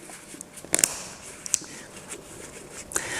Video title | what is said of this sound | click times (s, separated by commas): HOW TO OPEN & CLEAN 280Hz NSD Powerball & Autostart Powerball - definitive tutorial from RPM Sports | you can hear it clicking into place there maybe | 0.7 s, 0.8 s, 1.5 s